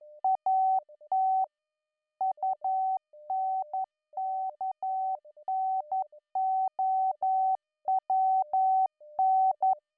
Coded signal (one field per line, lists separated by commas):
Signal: Morse code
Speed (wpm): 11 wpm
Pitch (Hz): 760 Hz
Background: none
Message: AT UNKNOWN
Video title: Improve Your Morse Code - Swaffham ATC Cold War Cadets